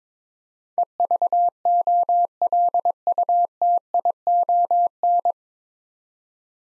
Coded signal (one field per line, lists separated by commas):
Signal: Morse code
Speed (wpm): 22 wpm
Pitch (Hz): 700 Hz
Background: none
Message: EVOLUTION